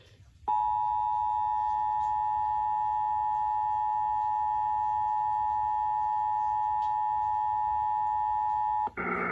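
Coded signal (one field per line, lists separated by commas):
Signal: Emergency Alert System (SAME) tones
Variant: 853 and 960 Hz attention tone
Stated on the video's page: Ice and winter storm warnings from NOAA Weather Radio 162.550 MHz and FM 95.9 MHz, Fort Worth, Texas.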